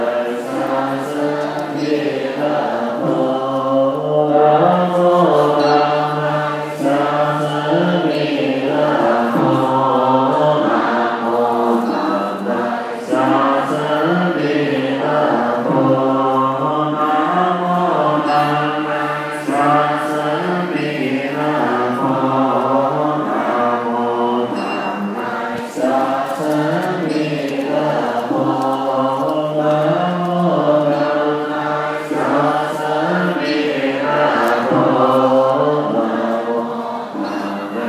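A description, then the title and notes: Inside the temple, many voices chant together in a steady, droning unison that holds a constant level for the whole stretch. Pitches shift slowly in a repeating pattern, with faint sharp taps at intervals above the chanting, and no deep rumble underneath. Sounds of the temple at Buddha Tooth Relic Temple & Museum (佛牙寺龙华院) by Dave Haynes.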